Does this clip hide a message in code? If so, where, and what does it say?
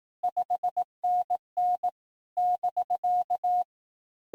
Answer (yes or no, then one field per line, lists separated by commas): yes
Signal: Morse code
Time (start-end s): 0.2-3.6 s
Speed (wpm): 18 wpm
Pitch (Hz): 720 Hz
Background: music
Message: 5NN <BK>